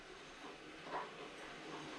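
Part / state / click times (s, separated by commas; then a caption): upper burr carrier into coffee grinder thread / not seated / none. The upper metal burr carrier of a Mazzer Major coffee grinder is pushed down onto the grinder thread during a burr change, over a steady broadband hiss with a brief, slightly louder handling sound near 1.0 s. Nothing has seated or clicked yet; the carrier is not yet home when the clip ends.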